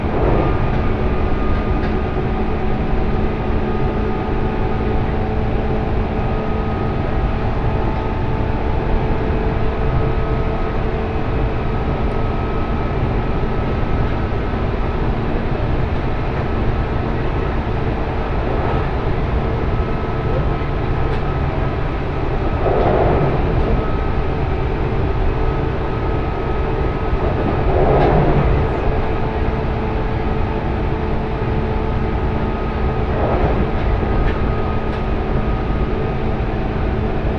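A train ride on the Sanyo Main Line between Okayama and Kurashiki: a steady, dense rumble of the moving railcar with a low drone and faint tones held throughout. Occasional brief clunks and swells stand out around 19, 23, 28 and 33 seconds.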